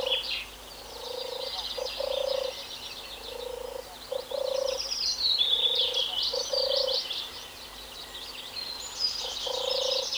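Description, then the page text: European turtle dove's low, rolling purrs repeat at intervals, with a dense chorus of higher songbird notes overlaid. Cooing turtle dove. "European Turtle Dove (Streptopelia turtur). Koerende zomertortel"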